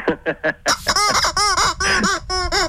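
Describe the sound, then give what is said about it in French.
A toy chicken clucks: three quick clipped squawks, then a run of louder, longer, nasal bursts with a bright, wavering pitch, repeating steadily for a few seconds. “Tu sais, c'est Popo les poulets, là. Popo le poulet, tu connais?”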